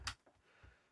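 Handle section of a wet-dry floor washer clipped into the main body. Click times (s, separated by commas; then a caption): 0.1 s. The upper handle section of a Dreame H12 Pro Ultra wet-dry floor washer is clipped into the main body during assembly. A single sharp click is heard at 0.1 s, followed by faint low rustles. The section is confirmed seated.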